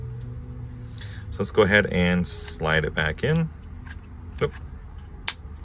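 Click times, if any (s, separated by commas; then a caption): 5.3 s. Someone talks while sliding a part of a Ford key remote, one for a Taurus, back into the remote housing during a dead-battery install. A single sharp click rings out at 5.3 s, and the part is seated.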